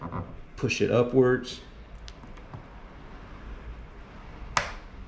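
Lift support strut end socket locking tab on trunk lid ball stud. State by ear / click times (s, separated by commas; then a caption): released / 4.6 s. Someone talks while a flathead screwdriver, jammed into the slot under the plastic locking tab of the top end socket of a C5 Corvette trunk lift support strut on the trunk lid ball stud, pushes the tab upward. A few faint ticks follow, then a sharp click at 4.6 s as the tab snaps into its unlocked top position, releasing the socket.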